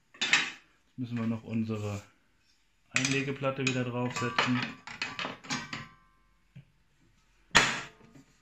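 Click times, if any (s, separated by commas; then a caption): 7.6 s. Someone talks while the table insert plate is put back onto the top of a Bosch GTS 10 XC table saw and pressed down. It snaps into place with a sharp click at 7.6 s, and the plate is seated.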